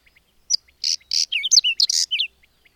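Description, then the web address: Bird song: one dense, high phrase mixing buzzy bursts and quick whistled down-slurs, framed by faint soft ticks. "madarak enek"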